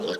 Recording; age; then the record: pig call; piglet (1 to 25 days)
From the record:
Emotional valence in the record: positive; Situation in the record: before nursing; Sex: male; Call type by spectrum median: low-frequency call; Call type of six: low-frequency tonal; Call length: 0.19 s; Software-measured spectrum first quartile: 432 Hz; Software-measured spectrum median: 814 Hz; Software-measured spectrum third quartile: 2741 Hz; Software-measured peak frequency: 458 Hz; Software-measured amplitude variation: 107 dB a second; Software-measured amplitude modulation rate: 13.0 a second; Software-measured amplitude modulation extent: 8.3 dB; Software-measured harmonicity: 3.8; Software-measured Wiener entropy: -2.95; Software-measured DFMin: 1434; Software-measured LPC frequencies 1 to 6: 480, 1512, 3383, 4702, 5289, 5999 Hz